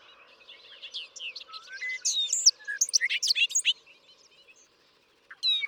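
Bobolink song, a rollicking stream of bright, metallic, bubbling notes with quick slurs, fading out before a brief final burst near the end.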